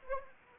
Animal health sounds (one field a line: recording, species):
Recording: mosquito wingbeat signal from an infrared sensor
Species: Anopheles arabiensis